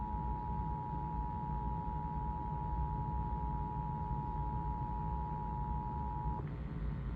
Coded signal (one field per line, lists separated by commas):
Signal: Emergency Alert System (SAME) tones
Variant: 853 and 960 Hz attention tone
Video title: (EAS #2,989 - #3,008) WE FINALLY GOT SOME THINGS - EAS Alerts from 8/18/26 - 8/19/26